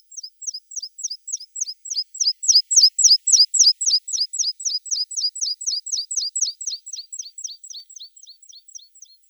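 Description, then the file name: Meadow pipit delivering a long string of sharp, high, falling notes that swell in loudness midway and then fade, repeated at a brisk, steady rhythm. "Anthus pratensis"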